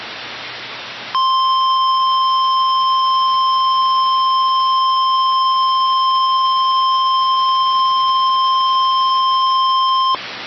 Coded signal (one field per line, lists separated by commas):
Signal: Emergency Alert System (SAME) tones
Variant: 1050 Hz attention tone